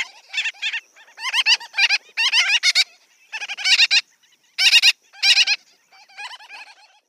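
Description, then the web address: Gull-billed tern calling with harsh, nasal notes that rise and fall, given in short clusters with brief pauses between. "Schulze Peter Gull-billed Tern"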